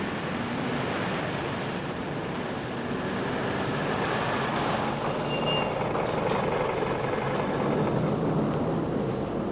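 A car's engine rumbles steadily as it turns into a gas station and slows, wrapped in a dense, continuous wash of road noise, with a brief faint high tone about halfway through. No one speaks.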